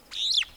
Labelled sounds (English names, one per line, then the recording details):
Superb Starling flight call
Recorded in Kenya